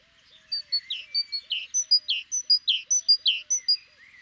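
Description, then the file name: Great tit singing a steady run of ringing two-note phrases, high then dropping lower, repeated steadily. "Parus major"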